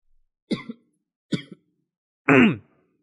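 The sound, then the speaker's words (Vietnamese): A person who has been coughing since the morning gives two short, sharp coughs followed by a louder, drawn-out throat clearing with a rough, rasping tone, all without any speech. “Lát nghe xong tự nhiên sáng tới giờ Lát ho quá, không biết có F1 không nữa, lộn F0 chứ.”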